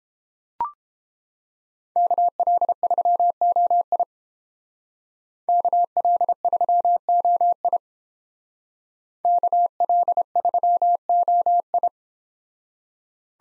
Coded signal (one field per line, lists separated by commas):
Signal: Morse code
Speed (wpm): 29 wpm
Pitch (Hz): 700 Hz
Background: none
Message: KL3OI KL3OI KL3OI